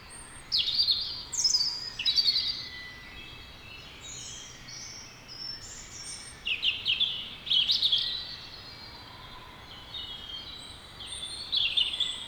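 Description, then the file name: European robin singing a string of varied high phrases, each a short tumble of thin whistles and trills separated by brief pauses. "Erithacus rubecula"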